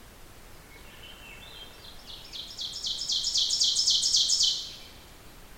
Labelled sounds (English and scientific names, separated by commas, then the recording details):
Ovenbird (Seiurus aurocapilla) song
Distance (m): 15 m
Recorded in boreal forest in Alberta, Canada, on 14 June 2016 at 05:57
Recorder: SongMeter 3, array SBT-3-33
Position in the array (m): 108 m, 8 m
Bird 21